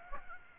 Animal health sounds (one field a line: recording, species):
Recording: mosquito wingbeat signal from an infrared sensor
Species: Aedes aegypti